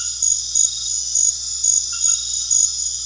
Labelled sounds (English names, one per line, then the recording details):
none
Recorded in pastures near Puerto Asís, Putumayo, Colombia, on 4 March 2025 at 21:30
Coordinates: 0.502, -76.324
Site GP07